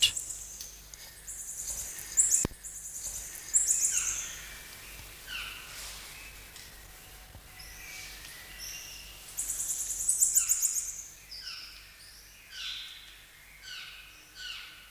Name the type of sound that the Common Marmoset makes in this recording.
call